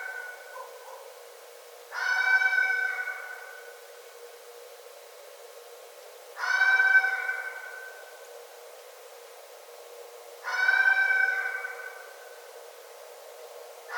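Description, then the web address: Red fox with three drawn-out, harsh, moaning calls spaced about four seconds apart, each rich in overtones and fading away. Recorded 9 December 2011. "Red Fox 2011 12 09 Red Fox"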